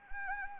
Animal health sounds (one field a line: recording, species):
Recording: mosquito wingbeat signal from an infrared sensor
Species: Anopheles gambiae